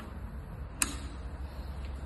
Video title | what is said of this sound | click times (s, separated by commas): Treinamento Pinbrazing Econect | Quando você ouviu o clique, significa que tá conectado. | 0.8 s